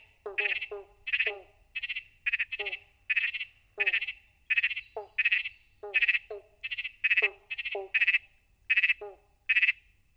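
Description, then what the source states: Pobblebonk frogs in chorus, short plucked notes overlapping from several callers, more than one a second, each with a bright upper tone and a lower ringing part. Several frogs calling together in a chorus.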